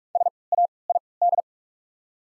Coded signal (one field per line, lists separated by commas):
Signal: Morse code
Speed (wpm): 45 wpm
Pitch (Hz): 700 Hz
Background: none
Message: SAID